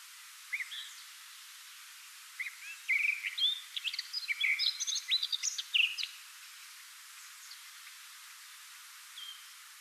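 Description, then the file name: Eurasian Blackcap song: a brief burst of varied, quick warbling notes with a few clearer whistles, set between quiet stretches with faint background hiss. "Sylvia atricapilla"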